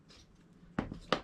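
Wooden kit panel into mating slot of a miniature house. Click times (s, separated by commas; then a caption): 0.8 s, 1.1 s. A wooden or plywood panel from a Rolife Gingerbread House miniature kit is pushed up into its mating slot on the miniature house. Sharp clicks ring out at 0.8 s and 1.1 s, with a faint tap at 0.9 s in between. The piece is seated in place.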